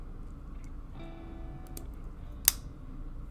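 A plastic model kit part for a PG Astray Red Frame build is pressed onto the inner frame. After quiet handling noise, a faint steady tone and small ticks, it snaps into place with one sharp, bright click at 2.5 s, and the part is seated.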